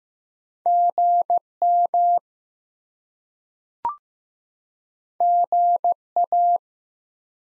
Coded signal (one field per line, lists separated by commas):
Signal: Morse code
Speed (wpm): 15 wpm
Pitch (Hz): 700 Hz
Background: none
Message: GM GA